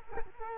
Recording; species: mosquito wingbeat signal from an infrared sensor; Culex quinquefasciatus